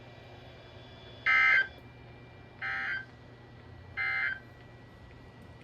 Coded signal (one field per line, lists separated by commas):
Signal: Emergency Alert System (SAME) tones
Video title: EAS 357-362